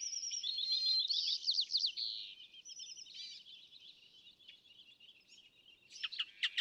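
California thrasher song, loud varied phrases at first, then softer rambling notes, ending with a few sharp emphatic notes.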